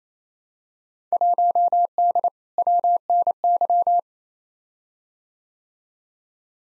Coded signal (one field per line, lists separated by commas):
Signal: Morse code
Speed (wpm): 28 wpm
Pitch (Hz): 700 Hz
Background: none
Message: 1D WNY